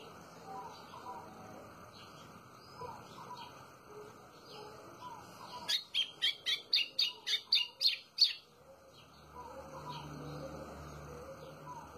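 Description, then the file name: White-throated seedeater: gentle background birdsong, then a White-throated seedeater delivers a tight run of about ten loud, buzzy, high chips, then the background returns. "canto do golinho"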